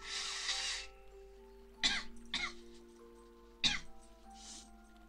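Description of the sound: Three short, harsh coughs from an adult woman come in about two seconds, the first two close together and the third after a brief pause, with a steady musical tone playing underneath. This is a dry, irritable, fairly severe cough from a cold, with a constant urge to cough, a throat that itches when she talks, and difficulty speaking.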